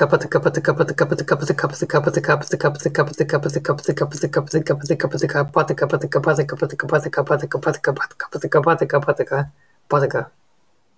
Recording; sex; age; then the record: repeated syllables /pa ta ka/; male; 18 to 19 years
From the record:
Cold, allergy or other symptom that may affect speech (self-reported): no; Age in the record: 18 years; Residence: Florida, United States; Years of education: 12